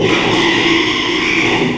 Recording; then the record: squeal of a Yucatan mini pig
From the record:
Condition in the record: after surgery on the right vocal fold (resection and tissue-engineered implant); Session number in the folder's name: 1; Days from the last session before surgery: 6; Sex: male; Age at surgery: 12 weeks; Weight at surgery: 13 kg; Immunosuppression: cyclosporine, prednisolone